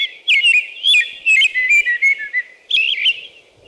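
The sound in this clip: American robin singing nearly without pause, a run of slurred whistled notes at varied pitch mixed with high thin squeaks, over faint low background sound.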